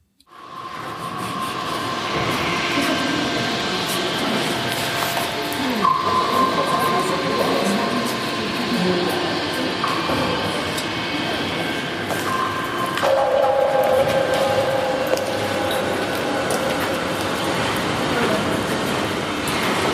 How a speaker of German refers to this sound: Also habe ich für euch eine Tonaufnahme gemacht von dem Wasserbeseng, dass ihr mal hört, wie das tropft und rauscht.